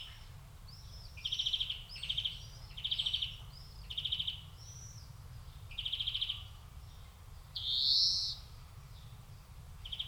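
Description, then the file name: European greenfinch calls: a run of short stuttering trills in quick succession, then one longer, higher wheezing note near the end, with low hum beneath. "Chloris chloris"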